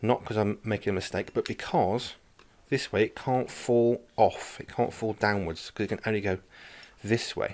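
While making a paper torch, a light battery box is handled upside down on a craft bottle so it cannot fall, with the box about to go into its holder. Someone talks throughout, and nothing has seated or clicked yet.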